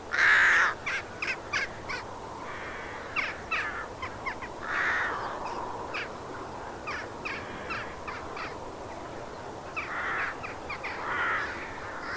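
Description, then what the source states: Crows cawing: loud harsh caws at the start, near five seconds and near eleven seconds, with many shorter calls between them. Crows in a field.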